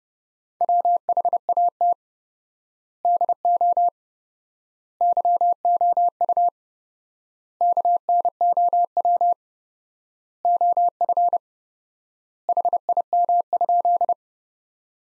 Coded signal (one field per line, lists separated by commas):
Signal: Morse code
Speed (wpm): 30 wpm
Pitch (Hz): 700 Hz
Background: none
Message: WHAT DO YOU KNOW OF HIM?